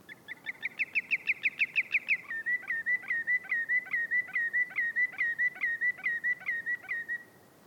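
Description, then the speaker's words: Greenshank calling: a rapid series of ringing whistled notes that slows into evenly spaced, repeated whistles, about two or three each second. Calling from the rocky shore of an uninhabited, cliff-bound island in the Inner Hebrides, Scotland, on the climb up from a small sheltered bay, in the afternoon. "Along the way, a greenshank calls from the rocky shore."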